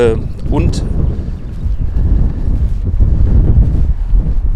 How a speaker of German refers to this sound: Außer Wind hört ihr ja sowieso nichts.